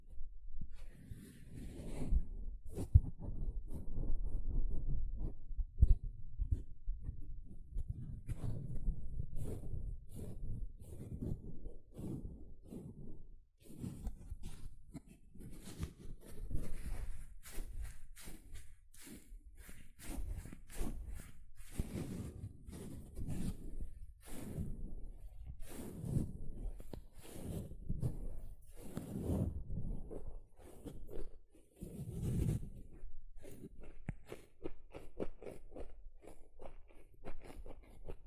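A sponge is worked by hand for about forty seconds, with soft squishing, scratching and brushing strokes that keep overlapping. The sounds are mostly low and muffled, broken by quicker, sharper rasping bursts that grow denser and more rhythmic after about twenty seconds.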